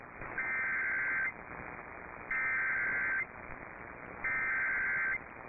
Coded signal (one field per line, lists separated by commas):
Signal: Emergency Alert System (SAME) tones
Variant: header bursts